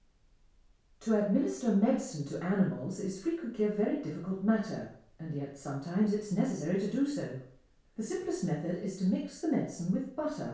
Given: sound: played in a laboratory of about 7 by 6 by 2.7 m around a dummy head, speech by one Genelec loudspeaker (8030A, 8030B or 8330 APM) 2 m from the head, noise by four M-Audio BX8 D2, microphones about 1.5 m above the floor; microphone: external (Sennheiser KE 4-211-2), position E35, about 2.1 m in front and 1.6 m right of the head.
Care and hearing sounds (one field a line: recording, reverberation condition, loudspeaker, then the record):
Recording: female speech in English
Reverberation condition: medium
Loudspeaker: in front (0 degrees)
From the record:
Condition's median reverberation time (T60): about 510 ms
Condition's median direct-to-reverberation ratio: about -0.5 dB